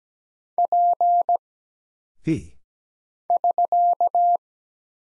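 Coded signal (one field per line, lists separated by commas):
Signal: Morse code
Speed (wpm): 17 wpm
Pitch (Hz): 700 Hz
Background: none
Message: P <SK>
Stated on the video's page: Morse practice of single characters (letters, numbers, punctuation, prosigns) at 17 wpm for instant character recognition.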